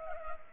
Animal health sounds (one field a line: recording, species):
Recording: mosquito wingbeat signal from an infrared sensor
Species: Culex pipiens